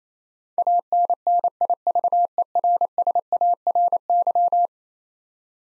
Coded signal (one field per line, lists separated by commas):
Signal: Morse code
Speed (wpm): 27 wpm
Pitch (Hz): 700 Hz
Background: none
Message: ANNIVERSARY